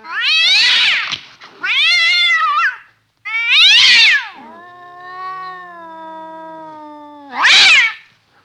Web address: cat fight yowls with hisses and swipes